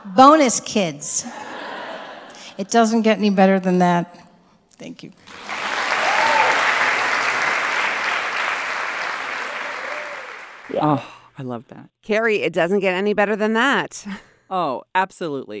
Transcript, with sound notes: Bonus kids. It doesn't get any better than that. Thank you (applause)
I love that.
Kerry, “It doesn't get any better than that.”
Oh, absolutely.